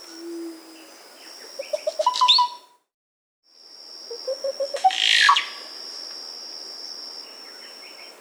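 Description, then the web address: Dusky-green oropendola, two songs separated by a brief silent gap, each a rising, accelerating string of bubbling notes ending in a loud high squeal; steady high buzzing drone in the background. South America. "Natures Songs S America Dusky-Green Oropendola"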